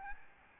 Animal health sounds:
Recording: mosquito wingbeat signal from an infrared sensor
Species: Aedes albopictus

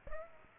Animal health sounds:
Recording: mosquito wingbeat signal from an infrared sensor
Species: Aedes aegypti

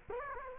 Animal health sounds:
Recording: mosquito wingbeat signal from an infrared sensor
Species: Culex quinquefasciatus

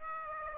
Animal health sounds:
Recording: mosquito wingbeat signal from an infrared sensor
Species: Aedes aegypti

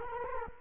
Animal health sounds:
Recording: mosquito wingbeat signal from an infrared sensor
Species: Culex quinquefasciatus

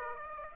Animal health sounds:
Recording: mosquito wingbeat signal from an infrared sensor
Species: Aedes aegypti

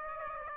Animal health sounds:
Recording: mosquito wingbeat signal from an infrared sensor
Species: Aedes aegypti

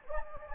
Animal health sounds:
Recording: mosquito wingbeat signal from an infrared sensor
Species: Anopheles gambiae

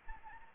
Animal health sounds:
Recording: mosquito wingbeat signal from an infrared sensor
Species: Anopheles gambiae

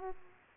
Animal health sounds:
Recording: mosquito wingbeat signal from an infrared sensor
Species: Aedes aegypti

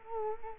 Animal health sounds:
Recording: mosquito wingbeat signal from an infrared sensor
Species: Culex quinquefasciatus

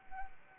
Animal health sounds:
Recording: mosquito wingbeat signal from an infrared sensor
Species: Anopheles arabiensis

